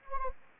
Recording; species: mosquito wingbeat signal from an infrared sensor; Anopheles gambiae